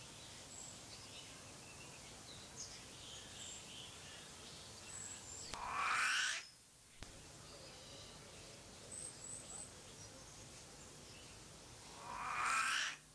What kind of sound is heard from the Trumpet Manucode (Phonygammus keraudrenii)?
call